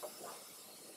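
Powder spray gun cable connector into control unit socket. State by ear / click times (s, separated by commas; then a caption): not seated / none. A Cardinal E-Jet 2 powder spray gun cable's male connector is handled and lined up by its tab and arrow indicator with the female socket on the powder control unit, before it is pushed in to latch. Over a steady broadband hiss, two soft low bumps are heard near 0.0 s and 0.3 s. Nothing has seated or clicked yet.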